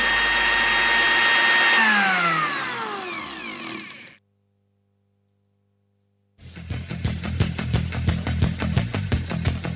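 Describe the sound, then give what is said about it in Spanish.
An electric blender's motor whines loudly and its pitch slides down as it spins to a stop. After about two seconds of silence, a rapid, steady pulsing grind starts up. “Hoy la licuadora se apodera de nuestros cuerpos.”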